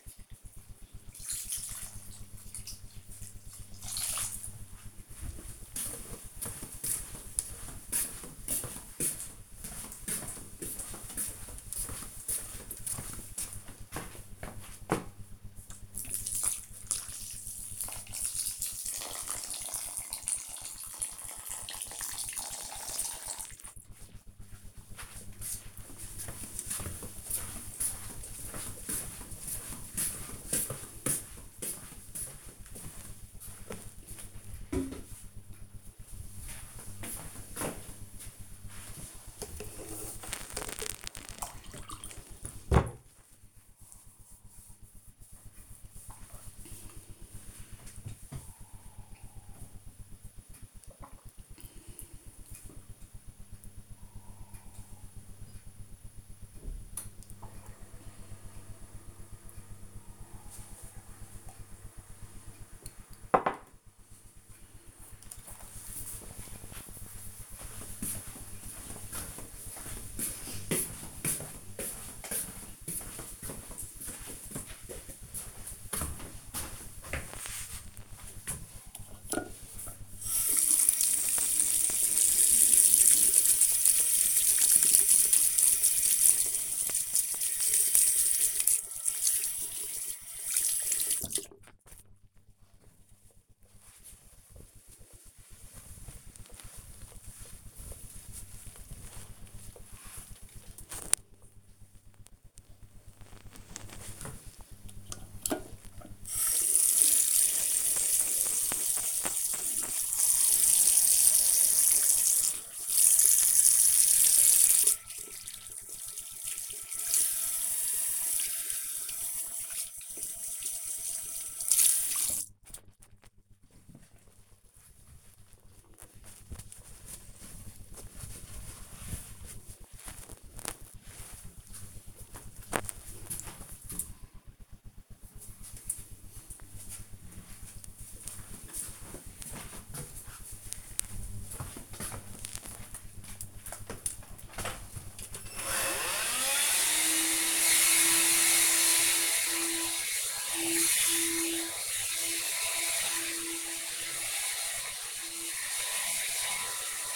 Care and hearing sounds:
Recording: household activities, microphone on the right wrist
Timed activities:
0.00-23.69 s: watering plant
37.82-63.01 s: drinking
78.12-92.23 s: washing hands
103.32-123.47 s: washing hands
143.63-157.16 s: vacuum cleaning

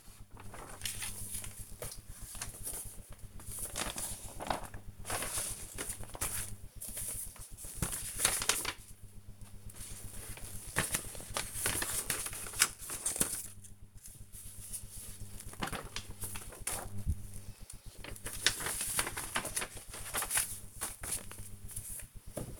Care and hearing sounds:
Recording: household activities, microphone on the right wrist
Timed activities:
0.00-22.60 s: sorting documents

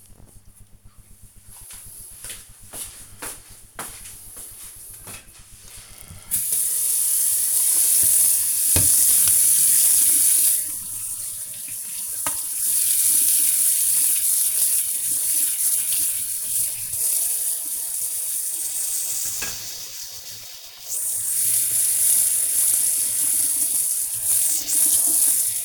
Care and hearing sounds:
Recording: household activities, microphone on the right wrist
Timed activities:
5.77-25.65 s: washing dishes

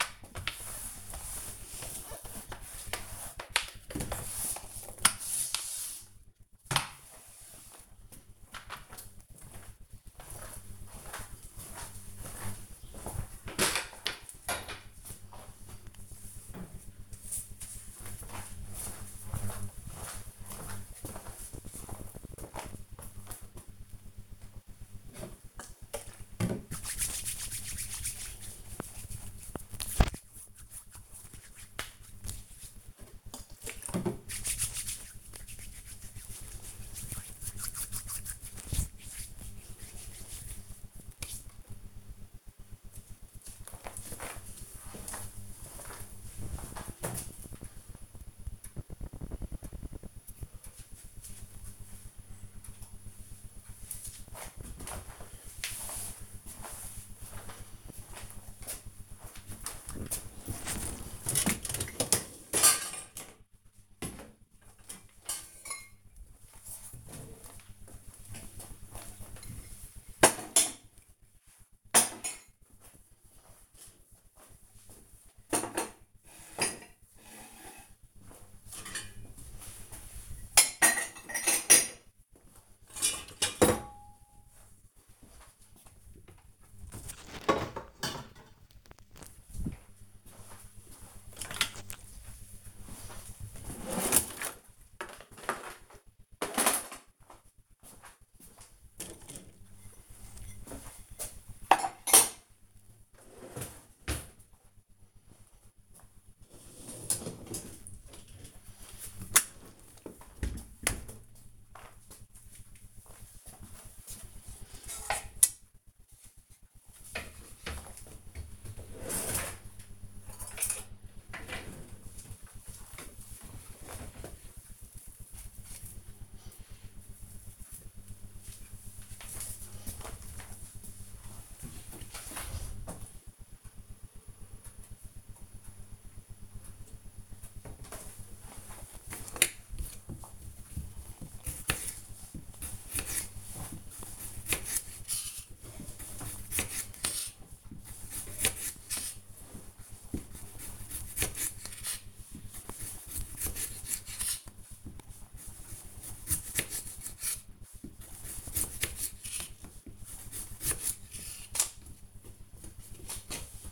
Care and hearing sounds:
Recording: household activities, microphone on the right wrist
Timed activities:
0.00-8.98 s: floor cleaning
24.07-41.20 s: disinfecting hands
58.29-110.65 s: cleaning out the dishwasher
137.85-163.72 s: cutting vegetables

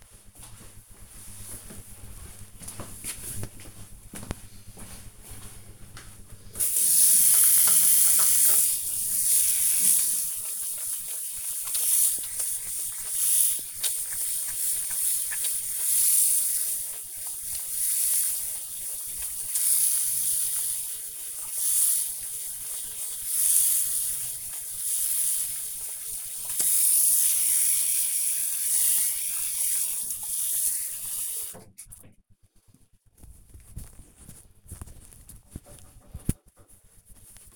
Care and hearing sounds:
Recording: household activities, microphone on the right wrist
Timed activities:
6.54-32.64 s: washing hands

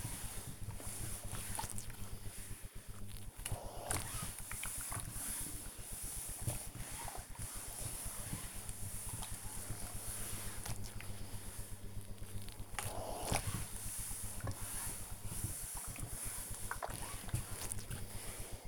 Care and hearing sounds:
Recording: household activities, microphone on the right wrist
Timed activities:
0.00-18.68 s: ironing laundry

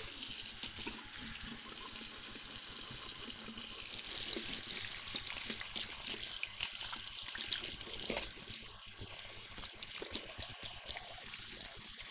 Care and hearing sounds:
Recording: household activities, microphone on the right wrist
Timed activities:
0.00-12.11 s: washing hands

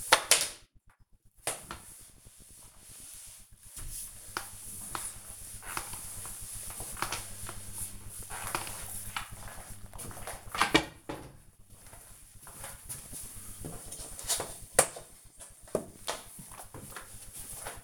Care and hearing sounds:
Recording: household activities, microphone on the right wrist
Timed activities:
0.00-10.24 s: floor cleaning

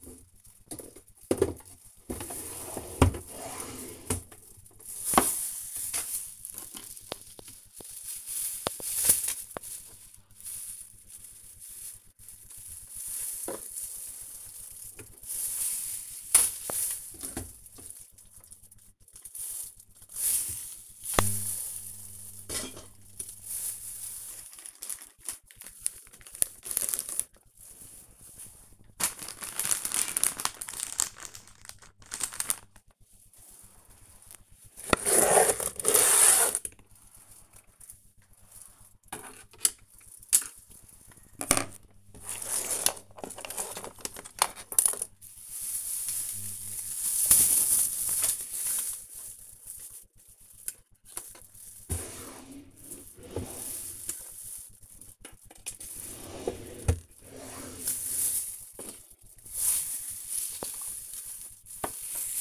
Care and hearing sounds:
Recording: household activities, microphone on the right wrist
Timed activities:
0.00-62.41 s: tidy up the cupboard

